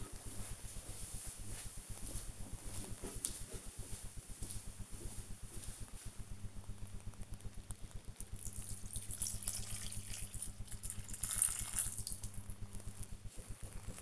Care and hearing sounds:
household activities, microphone on the right wrist
0.00-12.59 s: watering plant

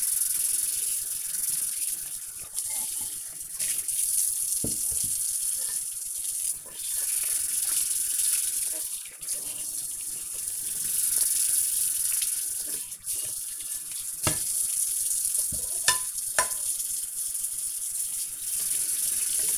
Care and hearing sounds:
household activities, microphone on the right wrist
0.00-19.58 s: washing dishes

